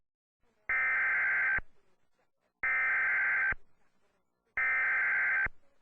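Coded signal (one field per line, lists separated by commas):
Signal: Emergency Alert System (SAME) tones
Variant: header bursts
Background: speech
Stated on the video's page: Homemade severe thunderstorm watch EAS alert.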